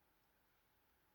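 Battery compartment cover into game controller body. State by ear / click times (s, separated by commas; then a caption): not seated / none. A plastic battery compartment cover is handled on a game controller body after the battery polarity has been checked, as it is about to be clipped shut at the top. Only a steady, faint noise is heard, with no distinct sounds. Nothing has seated or clicked yet.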